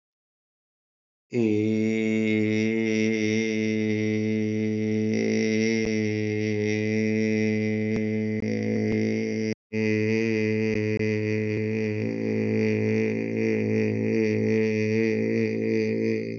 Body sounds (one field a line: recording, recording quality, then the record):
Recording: sustained vowel as in made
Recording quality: excellent, no background noise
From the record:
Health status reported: healthy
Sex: male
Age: 47 years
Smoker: yes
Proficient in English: yes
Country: India